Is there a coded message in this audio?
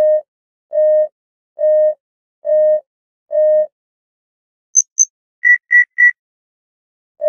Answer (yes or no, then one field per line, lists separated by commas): no